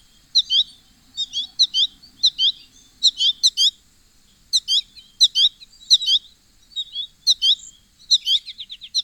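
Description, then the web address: American goldfinch: bright, high twittering note clusters in quick bursts, ending with a short fast series of notes; no other sounds. Common western North American species. "Know Your Bird Sounds Common Western Species 49-American Goldfinch"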